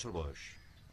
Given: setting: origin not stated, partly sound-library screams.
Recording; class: one-second piece from a danger detection set; normal situation